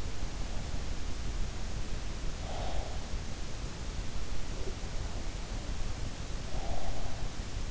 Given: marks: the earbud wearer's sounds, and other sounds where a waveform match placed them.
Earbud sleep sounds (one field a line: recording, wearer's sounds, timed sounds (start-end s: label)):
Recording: sounds in sleep by an in-ear microphone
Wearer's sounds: breath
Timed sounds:
2.03-3.56 s: breath
6.03-7.65 s: breath